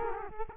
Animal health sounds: mosquito wingbeat signal from an infrared sensor; Culex quinquefasciatus

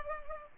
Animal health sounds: mosquito wingbeat signal from an infrared sensor; Culex pipiens

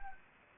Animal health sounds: mosquito wingbeat signal from an infrared sensor; Anopheles arabiensis

